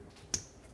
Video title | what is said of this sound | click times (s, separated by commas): How to Replace Transmission Speed Sensor 1996-2002 Toyota 4Runner | Make sure it clicks and let's bolt it up. | 0.3 s